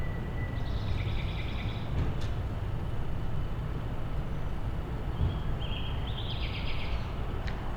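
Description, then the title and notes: Nightingale song in two bursts, each a whistled lead-in followed by fast, buzzy repeated notes, over a heavy, steady low rumble of traffic. Night, among blocks of flats in Siemianowice Śląskie, Poland, Monday 20 May 2019; song echoing between buildings; recorded on a Zoom H5 with an Audio-Technica BP4025. "Jana Pawła II 20C, 41-106 Siemianowice Śląskie, Polska - Nightingale amidst blocks of flats. Poniedziałek, 20 maja 2019. Noc. Echo słowika wśród bloków. Monday, May 20th 2019. Nighttime. Nightingale echoing amidst blocks of flats. Field recordings of Siemianowice Śląskie - City Soundscape"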